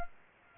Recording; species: mosquito wingbeat signal from an infrared sensor; Culex quinquefasciatus